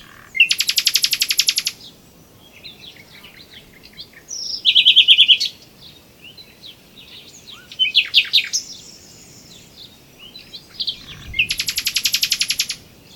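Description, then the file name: Common nightingale song with varied phrases: harsh rapid rattling trills open and close, and loud repeated whistled notes and scattered chirps come between them. "Luscinia megarhynchos"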